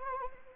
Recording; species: mosquito wingbeat signal from an infrared sensor; Anopheles arabiensis